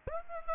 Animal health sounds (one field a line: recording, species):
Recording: mosquito wingbeat signal from an infrared sensor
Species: Aedes aegypti